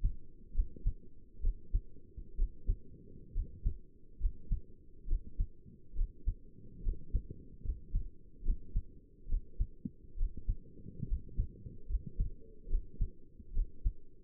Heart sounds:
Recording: heart sounds by stethoscope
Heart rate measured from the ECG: 69 bpm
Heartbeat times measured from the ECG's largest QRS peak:
0.55 s: heartbeat
1.42 s: heartbeat
2.37 s: heartbeat
3.35 s: heartbeat
4.20 s: heartbeat
5.08 s: heartbeat
5.96 s: heartbeat
6.84 s: heartbeat
7.64 s: heartbeat
8.45 s: heartbeat
9.29 s: heartbeat
10.18 s: heartbeat
11.08 s: heartbeat
11.89 s: heartbeat
12.70 s: heartbeat
13.54 s: heartbeat
From the record:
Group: healthy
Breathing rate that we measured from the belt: 15 breaths a minute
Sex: male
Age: 22 years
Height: 181 cm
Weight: 79 kg

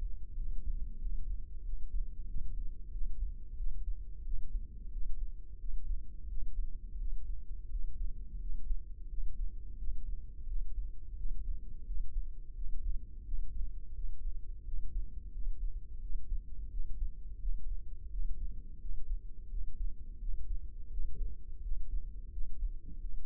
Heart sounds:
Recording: heart sounds by microphone in the left ear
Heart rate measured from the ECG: 88 bpm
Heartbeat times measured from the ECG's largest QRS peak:
0.39 s: heartbeat
1.02 s: heartbeat
1.66 s: heartbeat
2.29 s: heartbeat
2.94 s: heartbeat
3.59 s: heartbeat
4.27 s: heartbeat
4.94 s: heartbeat
5.61 s: heartbeat
6.30 s: heartbeat
7.01 s: heartbeat
7.72 s: heartbeat
8.42 s: heartbeat
9.11 s: heartbeat
9.80 s: heartbeat
10.49 s: heartbeat
11.19 s: heartbeat
11.88 s: heartbeat
12.57 s: heartbeat
13.27 s: heartbeat
13.97 s: heartbeat
14.67 s: heartbeat
15.35 s: heartbeat
16.03 s: heartbeat
16.73 s: heartbeat
17.42 s: heartbeat
18.13 s: heartbeat
18.82 s: heartbeat
19.52 s: heartbeat
20.22 s: heartbeat
20.93 s: heartbeat
21.64 s: heartbeat
22.34 s: heartbeat
23.02 s: heartbeat
From the record:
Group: healthy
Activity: rest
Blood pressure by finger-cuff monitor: 131/79 mmHg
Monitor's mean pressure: 97 mmHg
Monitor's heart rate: 87 bpm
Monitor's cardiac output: 7.6 L/min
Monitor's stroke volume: 87 mL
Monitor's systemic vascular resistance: 950 dyn s/cm5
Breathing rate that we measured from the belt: 17 breaths a minute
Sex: male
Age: 21 years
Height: 175 cm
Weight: 72.6 kg

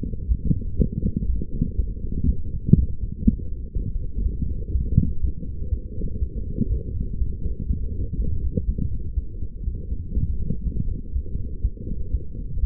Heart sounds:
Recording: heart sounds by stethoscope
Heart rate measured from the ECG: 122 bpm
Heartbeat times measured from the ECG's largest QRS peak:
0.28 s: heartbeat
0.77 s: heartbeat
1.27 s: heartbeat
1.77 s: heartbeat
2.26 s: heartbeat
2.75 s: heartbeat
3.24 s: heartbeat
3.74 s: heartbeat
4.23 s: heartbeat
4.72 s: heartbeat
5.21 s: heartbeat
5.70 s: heartbeat
6.19 s: heartbeat
6.69 s: heartbeat
7.19 s: heartbeat
7.67 s: heartbeat
8.17 s: heartbeat
8.66 s: heartbeat
9.15 s: heartbeat
9.65 s: heartbeat
10.14 s: heartbeat
10.64 s: heartbeat
11.13 s: heartbeat
11.62 s: heartbeat
12.12 s: heartbeat
12.60 s: heartbeat
From the record:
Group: healthy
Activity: light exercise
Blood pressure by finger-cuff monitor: 126/89 mmHg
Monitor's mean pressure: 100 mmHg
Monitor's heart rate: 120 bpm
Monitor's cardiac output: 8.7 L/min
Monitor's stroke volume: 71 mL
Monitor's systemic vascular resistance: 860 dyn s/cm5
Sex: female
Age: 22 years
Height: 161 cm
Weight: 65.5 kg

